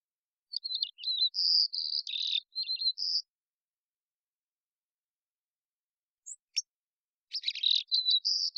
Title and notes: White-crowned Sparrow, Zonotrichia leucophrys, Songs and Calls, probably an immature bird learning the song or experimenting with variation, family: New World Sparrows Recorded in the beautiful Pacific Northwest, Washington, United States